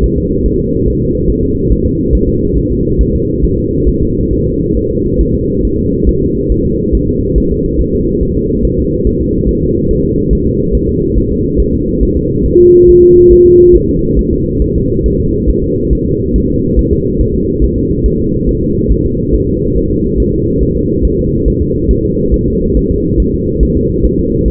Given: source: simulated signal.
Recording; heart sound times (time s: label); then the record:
fetal heart sounds
0.04 s: S1
0.18 s: S2
0.46 s: S1
0.60 s: S2
0.88 s: S1
1.02 s: S2
1.30 s: S1
1.44 s: S2
1.73 s: S1
1.87 s: S2
2.15 s: S1
2.29 s: S2
2.58 s: S1
2.72 s: S2
3.01 s: S1
3.15 s: S2
3.44 s: S1
3.59 s: S2
3.89 s: S1
4.03 s: S2
4.33 s: S1
4.47 s: S2
4.77 s: S1
4.91 s: S2
5.21 s: S1
5.35 s: S2
5.65 s: S1
5.79 s: S2
6.09 s: S1
6.23 s: S2
6.52 s: S1
6.66 s: S2
6.95 s: S1
7.09 s: S2
7.38 s: S1
7.52 s: S2
7.81 s: S1
7.95 s: S2
8.23 s: S1
8.37 s: S2
8.65 s: S1
8.79 s: S2
9.07 s: S1
9.21 s: S2
9.49 s: S1
9.63 s: S2
9.91 s: S1
10.05 s: S2
10.33 s: S1
10.47 s: S2
10.75 s: S1
10.89 s: S2
11.18 s: S1
11.32 s: S2
11.60 s: S1
11.74 s: S2
12.03 s: S1
12.17 s: S2
12.46 s: S1
12.60 s: S2
12.89 s: S1
13.03 s: S2
13.32 s: S1
13.46 s: S2
13.75 s: S1
13.90 s: S2
14.19 s: S1
14.33 s: S2
14.62 s: S1
14.76 s: S2
15.06 s: S1
15.20 s: S2
15.50 s: S1
15.64 s: S2
15.93 s: S1
16.07 s: S2
16.36 s: S1
16.50 s: S2
16.79 s: S1
16.93 s: S2
17.21 s: S1
17.35 s: S2
17.64 s: S1
17.78 s: S2
18.06 s: S1
18.20 s: S2
18.49 s: S1
18.63 s: S2
18.92 s: S1
19.06 s: S2
19.35 s: S1
19.49 s: S2
19.77 s: S1
19.91 s: S2
20.20 s: S1
20.34 s: S2
20.63 s: S1
20.77 s: S2
21.05 s: S1
21.19 s: S2
21.48 s: S1
21.62 s: S2
21.91 s: S1
22.05 s: S2
22.34 s: S1
22.48 s: S2
22.77 s: S1
22.91 s: S2
23.20 s: S1
23.34 s: S2
23.63 s: S1
23.77 s: S2
24.06 s: S1
24.19 s: S2
24.48 s: S1
From the record:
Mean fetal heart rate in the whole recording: 140 bpm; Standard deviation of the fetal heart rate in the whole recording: 2 bpm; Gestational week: 34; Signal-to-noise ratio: -14.7 dB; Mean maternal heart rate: 72 bpm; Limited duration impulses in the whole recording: present